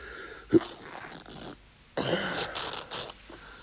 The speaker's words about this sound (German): Mann, was produzieren die jetzt nur für einen Stoff? Reißt wie Papier.